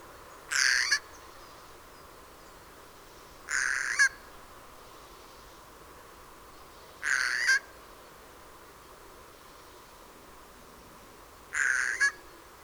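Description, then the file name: Eurasian jay screeching four times, a hoarse rasping call repeated every few seconds, each burst short and ending abruptly. "Garrulus glandarius"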